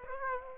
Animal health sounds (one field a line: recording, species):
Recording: mosquito wingbeat signal from an infrared sensor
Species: Aedes aegypti